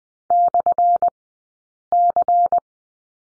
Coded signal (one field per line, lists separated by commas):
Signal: Morse code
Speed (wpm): 20 wpm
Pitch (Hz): 700 Hz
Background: none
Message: /C